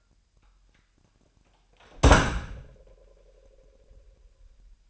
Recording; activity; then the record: daily activity, microphone in the room; close door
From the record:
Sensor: 2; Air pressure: 998.2 hPa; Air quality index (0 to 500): 143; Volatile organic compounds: 4 ppm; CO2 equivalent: 1616 ppm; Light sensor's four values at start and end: 11/34/13/13 and 11/33/13/13